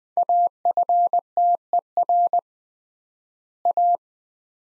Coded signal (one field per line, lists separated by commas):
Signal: Morse code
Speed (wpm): 20 wpm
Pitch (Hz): 700 Hz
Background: none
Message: AFTER A